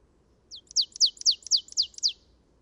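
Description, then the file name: Marsh tit calling, a rapid series of about seven sharp, descending high notes delivered over roughly two seconds. "Poecile palustris"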